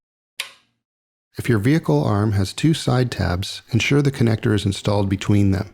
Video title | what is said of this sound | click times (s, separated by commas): Michelin® Guardian™ Top Lock Narrow & Narrow Slotted Arm Installation | Hold the connector base in place and slide the connector onto the wiper arm at a slight angle until you hear a click. | 0.4 s